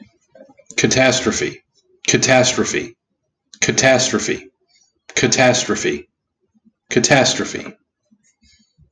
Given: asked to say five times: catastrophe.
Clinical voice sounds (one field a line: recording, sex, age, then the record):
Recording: repeated word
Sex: male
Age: 40 to 49 years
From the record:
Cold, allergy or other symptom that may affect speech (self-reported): no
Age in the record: 40 years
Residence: Nebraska, United States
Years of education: 18